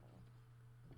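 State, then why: Not seated. The plastic lower dash side finisher trim panel of a Nissan Frontier, Pathfinder or Xterra, already hung on the rear stud, is handled as its clips are pressed toward the dashboard. Only a steady low hum and faint handling noise are heard, with no sharp snap. Nothing has seated or clicked yet.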